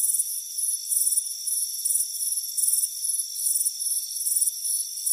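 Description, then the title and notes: Cricket chirps: shrill trilled pulses repeating roughly every third of a second, layered over a continuous high whine. Chirping crickets on a warm afternoon by a front porch. "Soothing Crickets Chirping Sound. It's a warm afternoon as you relax in a hammock on the front porch. Relax and fall asleep to the soothing sound of chirping crickets. Deep Sleep Sounds"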